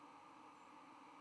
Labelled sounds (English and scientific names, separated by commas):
White-throated Sparrow (Zonotrichia albicollis) flight call